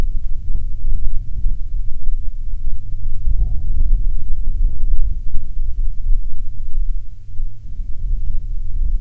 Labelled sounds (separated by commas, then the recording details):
wind, aircraft
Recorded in the Prudhoe Bay oil fields, Alaska, on 30 July 2019 at 13:37
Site 13